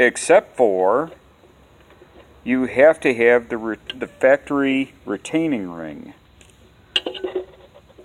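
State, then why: Seated. Someone talks while twisting the factory retaining ring onto an LED headlight bulb in the headlight housing of a 1997.5 to 2003 Ford F150 pickup during a headlight upgrade to LED. A sharp, loud click at 7.0 s, followed by a few smaller ticks, is the ring popping into place, and the ring is seated.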